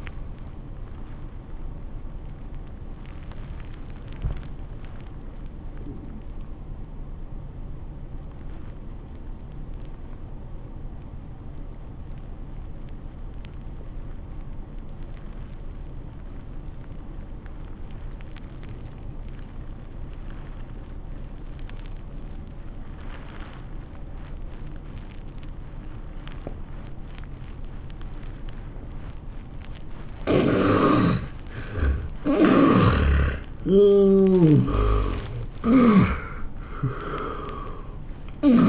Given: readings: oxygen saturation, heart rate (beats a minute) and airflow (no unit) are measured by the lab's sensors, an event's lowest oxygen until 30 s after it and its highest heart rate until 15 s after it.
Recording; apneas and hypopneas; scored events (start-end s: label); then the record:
breathing in sleep by a smartphone at the bedside; 1
5.00-31.00 s: obstructive apnea (N1, oxygen 97% highest, then 76% lowest, heart rate 81 at the start, 103 highest)
From the record:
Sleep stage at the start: N1 (lightest sleep); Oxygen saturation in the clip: 76 to 97%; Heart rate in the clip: 78 to 99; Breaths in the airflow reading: 4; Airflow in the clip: -25.7 to 12.7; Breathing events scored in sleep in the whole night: 403 in 5.5 hours asleep